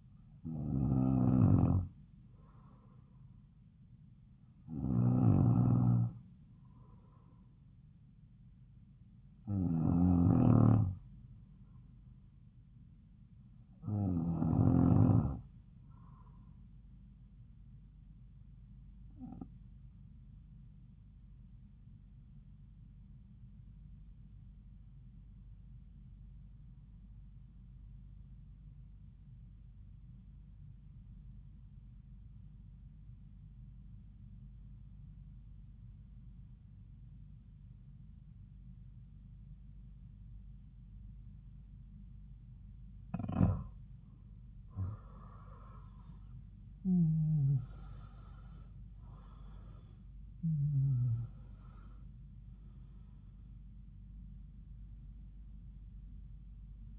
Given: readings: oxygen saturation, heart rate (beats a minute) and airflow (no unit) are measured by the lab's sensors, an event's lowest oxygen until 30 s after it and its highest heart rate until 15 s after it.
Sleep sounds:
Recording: breathing in sleep by a smartphone at the bedside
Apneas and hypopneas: 1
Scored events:
24.00-43.70 s: obstructive apnea (N2, oxygen 93% highest, then 84% lowest)
From the record:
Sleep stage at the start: N2 (light sleep)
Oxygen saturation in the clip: 86 to 93%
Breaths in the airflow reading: 8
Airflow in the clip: -9.2 to 10.2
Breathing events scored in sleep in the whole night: 270 in 6.1 hours asleep

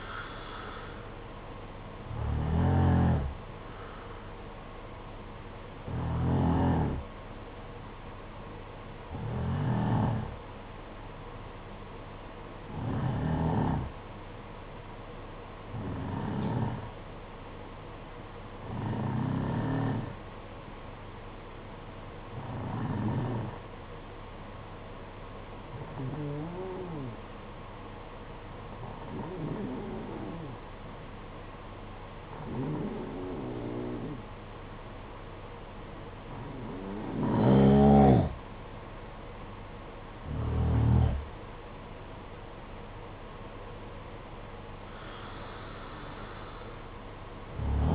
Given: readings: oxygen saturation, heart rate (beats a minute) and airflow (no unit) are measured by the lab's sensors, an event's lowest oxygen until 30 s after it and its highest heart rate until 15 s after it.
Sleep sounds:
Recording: breathing in sleep by a voice recorder at the bedside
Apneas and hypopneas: 1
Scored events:
16.00-39.00 s: hypopnea (N2, oxygen 95% highest, then 89% lowest, heart rate 53 at the start, 60 highest)
38.00-47.95 s: new sleep stage, N1 (lightest sleep)
From the record:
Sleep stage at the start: N2 (light sleep)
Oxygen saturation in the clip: 90 to 95%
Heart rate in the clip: 53 to 60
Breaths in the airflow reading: 13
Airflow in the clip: -7.9 to 9.4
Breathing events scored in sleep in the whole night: 476 in 9.7 hours asleep

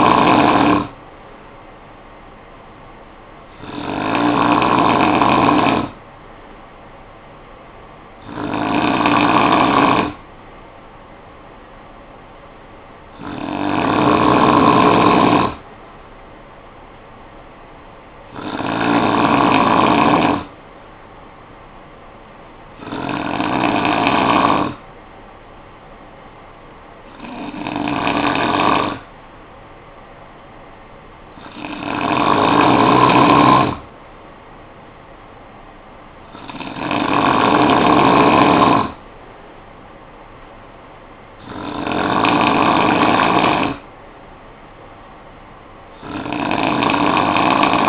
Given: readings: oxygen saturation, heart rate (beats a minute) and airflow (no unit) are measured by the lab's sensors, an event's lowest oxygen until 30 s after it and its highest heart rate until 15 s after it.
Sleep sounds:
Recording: breathing in sleep by a voice recorder at the bedside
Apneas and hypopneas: none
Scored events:
none scored
From the record:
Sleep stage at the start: N2 (light sleep)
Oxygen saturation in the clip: 90 to 95%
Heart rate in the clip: 52 to 60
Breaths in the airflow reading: 10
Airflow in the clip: -9.6 to 5.6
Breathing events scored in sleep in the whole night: 445 in 7.6 hours asleep

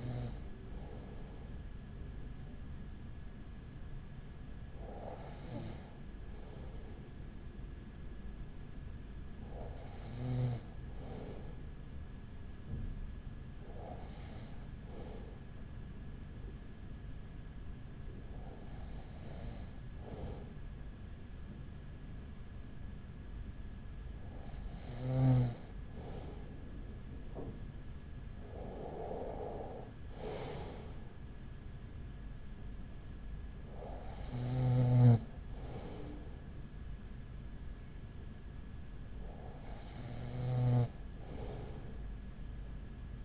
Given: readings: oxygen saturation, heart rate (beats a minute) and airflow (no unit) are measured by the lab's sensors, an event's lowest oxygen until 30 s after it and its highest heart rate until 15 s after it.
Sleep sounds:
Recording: breathing in sleep by a smartphone at the bedside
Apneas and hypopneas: none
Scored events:
none scored
From the record:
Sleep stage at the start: N2 (light sleep)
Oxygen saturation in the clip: 95%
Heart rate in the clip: 37 to 41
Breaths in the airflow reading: 9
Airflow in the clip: -6.6 to 5.1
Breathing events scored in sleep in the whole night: 207 in 7.6 hours asleep

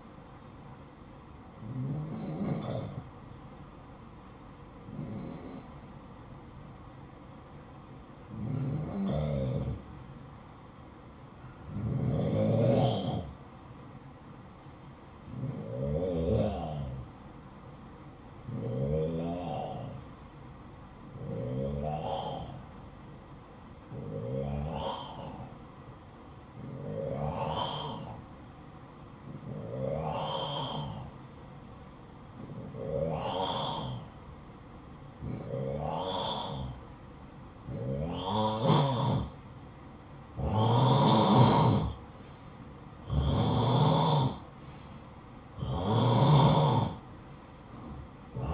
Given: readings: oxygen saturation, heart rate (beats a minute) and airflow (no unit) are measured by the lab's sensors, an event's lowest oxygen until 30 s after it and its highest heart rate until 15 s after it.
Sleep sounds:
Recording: breathing in sleep by a smartphone at the bedside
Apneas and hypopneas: 1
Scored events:
18.00-40.10 s: hypopnea (N1, oxygen 93% highest, then 90% lowest, heart rate 56 at the start, 59 highest)
From the record:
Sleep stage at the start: N1 (lightest sleep)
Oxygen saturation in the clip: 91 to 94%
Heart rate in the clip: 52 to 59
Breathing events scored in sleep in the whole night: 573 in 9.8 hours asleep

